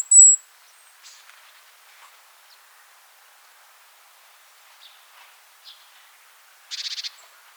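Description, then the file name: Great tit calls: a thin high whistled note at the start, then a short buzzy rattling burst near the end, with faint scattered ticks between. "Parus major"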